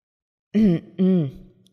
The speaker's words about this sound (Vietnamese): Đinh Triệu Huệ đột nhiên ho khan một tiếng.